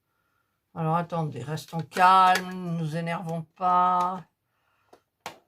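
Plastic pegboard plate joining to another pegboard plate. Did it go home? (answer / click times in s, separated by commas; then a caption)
yes / 5.3 s. Someone talks while pushing two plastic pegboard plates together again after earlier failed tries. A faint tap comes at 4.9 s, then a sharp snap at 5.3 s as the plate connector seats and the plates join.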